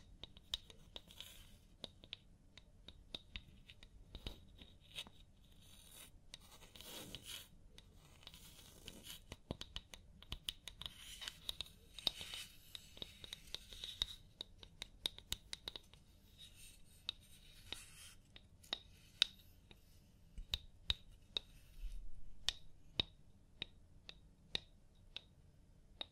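A scalp massage and hair wash, heard as soft scratching and rubbing with frequent crisp ticks and crackles scattered throughout. Busier stretches of rustling come around seconds 7 to 16, with a brief fuller rub near 22 seconds, over a low steady hum.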